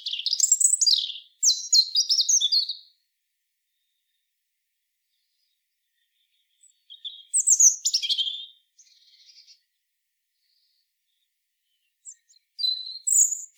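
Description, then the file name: European robin delivering four separate bursts of high, fast, liquid twittering and scratchy notes, each about one to two seconds long, with quiet pauses between them. "Erithacus rubecula"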